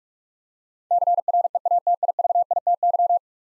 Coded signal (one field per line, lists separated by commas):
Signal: Morse code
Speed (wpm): 44 wpm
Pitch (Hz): 700 Hz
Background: none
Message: CREATIVITY